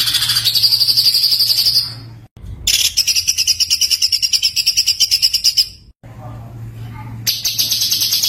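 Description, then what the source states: White-eye song: long, fast, high-pitched warbling trills with a steady whistled thread, broken by brief cuts, over a low constant hum. Continuous singing (gacor) with full shooting song (tembakan), used as masteran for tutoring other songbirds.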